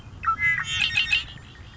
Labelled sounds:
Red-winged Blackbird (Agelaius phoeniceus)
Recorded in Sonoma County, California

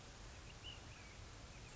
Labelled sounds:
Ash-throated Flycatcher (Myiarchus cinerascens)
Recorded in Sonoma County, California

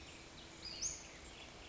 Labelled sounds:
Western Flycatcher (Empidonax difficilis)
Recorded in Sonoma County, California

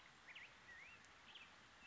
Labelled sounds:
Black-headed Grosbeak (Pheucticus melanocephalus)
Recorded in Sonoma County, California

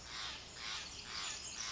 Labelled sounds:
Pacific Wren (Troglodytes pacificus)
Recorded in Sonoma County, California

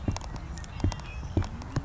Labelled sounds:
Savannah Sparrow (Passerculus sandwichensis)
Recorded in Sonoma County, California

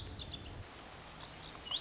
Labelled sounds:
Lazuli Bunting (Passerina amoena)
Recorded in Sonoma County, California

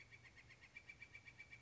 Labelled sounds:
Northern Flicker (Colaptes auratus)
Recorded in Sonoma County, California

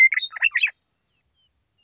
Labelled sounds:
Western Meadowlark (Sturnella neglecta)
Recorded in Sonoma County, California

